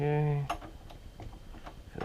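Someone talks briefly while a screw holding a Kevo deadbolt's latch plate is driven into the wooden door edge. Ticks sound as the screw turns at 0.9, 1.2, 1.7 and 2.0 seconds. The screw hole ends up a little stripped out but will still hold.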